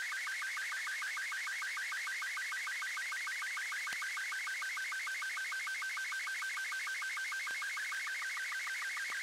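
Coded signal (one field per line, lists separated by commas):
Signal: SSTV (slow-scan television)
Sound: rapid, steady warbling chirp repeating about six times a second, with short low blips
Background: radio static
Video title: RECEIVING SSTV FROM SATCOM SATELLITE, RTL-SDR, SDRSHARP. RX-SSTV, USA FLEETSATCOM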